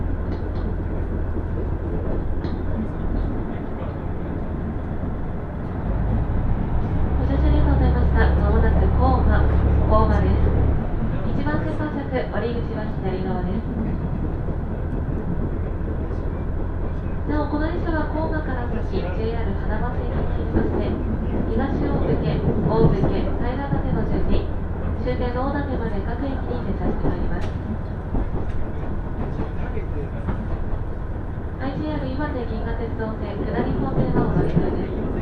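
A two-car KiHa 110 diesel train runs from Morioka toward Obuke with a steady low rumble. A deep engine drone is strongest in the first ten seconds, then eases. People talk on and off throughout, with the most chatter after about seventeen seconds.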